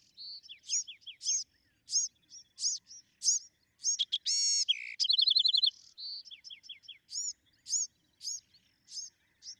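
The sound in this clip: Bewick's wren song, a string of high chips and falling slurs building to a harsh buzz and a quick rattling trill, then chips again.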